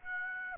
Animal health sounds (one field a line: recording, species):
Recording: mosquito wingbeat signal from an infrared sensor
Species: Aedes aegypti